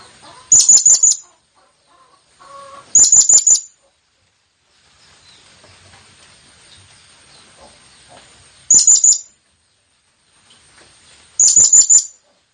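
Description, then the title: Blue-crowned hanging parrot calls: four short bursts of rapid, very high, sharp chirping notes, each burst under a second, separated by quiet gaps with faint background hiss. Calling sound for attracting the birds. "Burung Serindit Memanggil"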